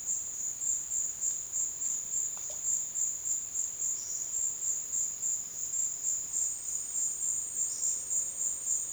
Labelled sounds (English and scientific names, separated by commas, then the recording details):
none
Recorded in secondary vegetation near Puerto Asís, Putumayo, Colombia, on 22 June 2025 at 13:30
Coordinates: 0.485, -76.322
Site GP06